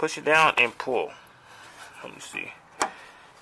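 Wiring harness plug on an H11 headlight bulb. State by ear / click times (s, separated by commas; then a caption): released / 2.8 s. On a 10th-generation Honda Civic hatchback, a finger presses down the plastic locking tab on the wiring harness plug of an H11 headlight bulb to release it before the plug slides off. Someone talks first, then a sharp click is heard at 2.8 seconds as the latch clicks open and the plug is released.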